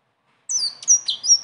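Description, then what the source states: Leafbird song: a short run of very high, clear whistles and sliding notes, starting after a brief silence. Training song (masteran); bird singing persistently (gacor) in a rolling style (ngeroll) with fill-in phrases (isian).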